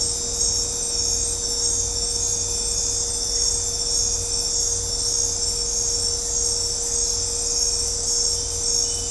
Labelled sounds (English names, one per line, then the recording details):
none
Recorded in dense forest near Puerto Asís, Putumayo, Colombia, on 26 December 2024 at 21:00
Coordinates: 0.503, -76.323
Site G043